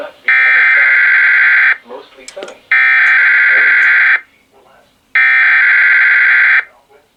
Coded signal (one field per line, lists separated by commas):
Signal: Emergency Alert System (SAME) tones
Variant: header bursts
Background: speech